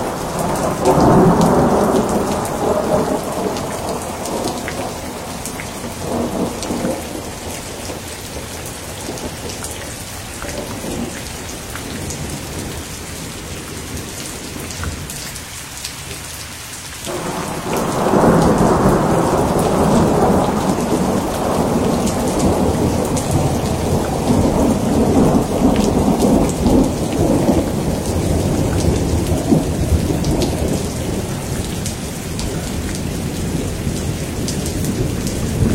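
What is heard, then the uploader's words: A thunderstorm with steady rain hissing throughout and deep rolling thunder. The rumble is strong at the start, eases through the middle with a brief lull near fifteen seconds, then swells loud again from about eighteen seconds and keeps rolling to the end. Thunderstorm.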